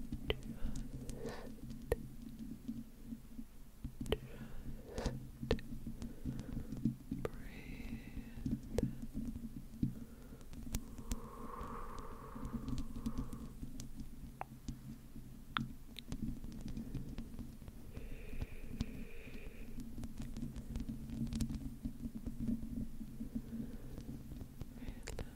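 Slow mic scratching and soft whispering, with a steady low hum underneath throughout. Sharp clicks and scratchy ticks come at irregular intervals, and brief murmured sounds rise around 8, 11 to 13, and 18 to 19 seconds.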